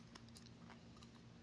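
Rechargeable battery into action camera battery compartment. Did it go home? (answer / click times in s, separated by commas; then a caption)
no / none. A spare rechargeable battery is being put into the battery compartment of an Akaso Brave 4 Pro 4K dual-screen action camera. Quiet handling sounds are heard, with small sharp ticks around 0.2 s and 0.4 s. The clip ends before the battery locks in, and nothing has seated or clicked yet.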